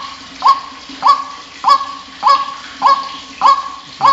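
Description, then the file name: White-breasted waterhen giving loud honking calls, each a short nasal note with a rising twist, repeated steadily about every 0.6 seconds over a faint low hum. "suara ruak ruak omkicau"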